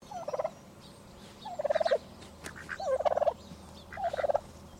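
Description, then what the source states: Domestic turkey gobbling: four rapid, rattling bursts of pulsed notes at fairly even intervals, against a low background hum. Call sequence.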